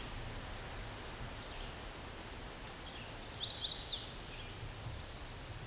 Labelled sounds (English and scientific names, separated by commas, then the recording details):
Chestnut-sided Warbler (Setophaga pensylvanica) song
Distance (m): 20 m
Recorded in a Pennsylvania forest on 17 May 2023 at 11:52
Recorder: AudioMoth, point grid1_19_low
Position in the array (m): 121 m, 208 m